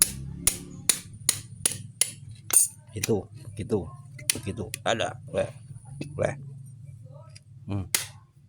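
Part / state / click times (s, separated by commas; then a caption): clutch component into the Vespa clutch assembly / not seated / none. A metal clutch component is being worked into a Vespa clutch assembly after its holes did not line up, with a series of sharp metallic taps at about 0.0, 0.5, 0.9, 1.3, 1.7 and 2.0 seconds, followed by handling noise, music and someone talking. The part has not seated or dropped into place yet by the end of the clip.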